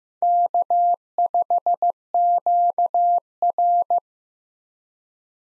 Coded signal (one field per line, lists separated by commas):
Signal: Morse code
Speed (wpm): 15 wpm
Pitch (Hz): 700 Hz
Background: none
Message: K5QR